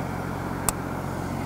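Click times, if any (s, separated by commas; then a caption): 0.7 s. An exterior storage compartment door on a 2009 Monaco Dynasty Nottingham 500hp RV is pressed closed against its tight seals, and the latch clicks shut into the RV body at 0.7 s. The sharp click rises over a steady low rumble, and the latch is confirmed seated, its click a sign of quality.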